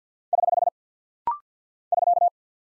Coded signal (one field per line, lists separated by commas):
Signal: Morse code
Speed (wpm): 50 wpm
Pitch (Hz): 700 Hz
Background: none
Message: <HH> <SK>